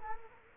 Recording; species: mosquito wingbeat signal from an infrared sensor; Culex quinquefasciatus